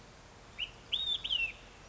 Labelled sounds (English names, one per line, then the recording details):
Olive-sided Flycatcher
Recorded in Sonoma County, California